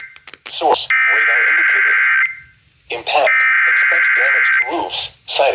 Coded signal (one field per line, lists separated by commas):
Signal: Emergency Alert System (SAME) tones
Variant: header bursts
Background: speech